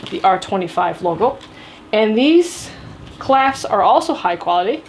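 Someone talks while handling the plastic side-release clasp on the chest strap of a Kriega R25 motorcycle backpack, bringing the buckle tongue toward its receiver, with a brief rustling handling noise around 2.5 s. Nothing has clicked or seated yet; the clip ends just before the buckle goes home.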